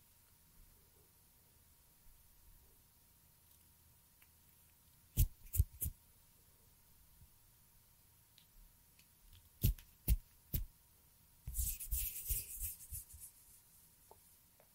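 Finger fluttering and hand sounds: sharp taps in pairs near five and ten seconds, then a dense rustling flurry around twelve seconds, over quiet hiss.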